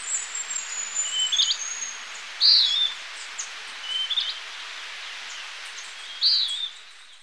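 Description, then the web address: Western wood-pewee calls: a few short burry notes, every one to two seconds, over a steady insect hiss. Ecuador. "Birds of Ecuador. Western Wood-Pewee"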